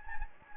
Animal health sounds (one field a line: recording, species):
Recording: mosquito wingbeat signal from an infrared sensor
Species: Anopheles gambiae